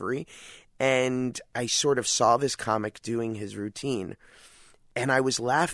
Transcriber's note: none